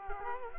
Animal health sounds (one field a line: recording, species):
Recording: mosquito wingbeat signal from an infrared sensor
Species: Culex quinquefasciatus